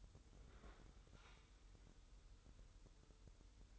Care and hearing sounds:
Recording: daily activity, microphone in the room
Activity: open fridge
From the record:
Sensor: 3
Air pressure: 988.4 hPa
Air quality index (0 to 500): 190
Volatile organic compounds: 257 ppm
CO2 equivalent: 4378 ppm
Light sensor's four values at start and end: 24/74/31/27 and 24/74/31/27

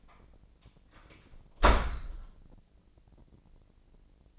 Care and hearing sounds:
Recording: daily activity, microphone in the room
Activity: close door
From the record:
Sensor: 5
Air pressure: 1012.4 hPa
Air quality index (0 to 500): 159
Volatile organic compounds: 2 ppm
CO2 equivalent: 1085 ppm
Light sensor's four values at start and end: 235/573/240/263 and 230/558/234/256

